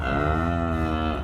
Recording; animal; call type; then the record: contact call of a hoofed animal; cattle; low-frequency (closed-mouth) or high-frequency (open-mouth) call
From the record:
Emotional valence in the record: negative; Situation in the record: full separation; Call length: 1.24 s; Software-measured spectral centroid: 1310 Hz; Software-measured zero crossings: 1240 a second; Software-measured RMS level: -24 dBFS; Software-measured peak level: -12 dBFS